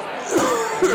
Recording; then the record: coughing mixed with background sound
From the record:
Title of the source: Mid-morning Winter Coughing Fit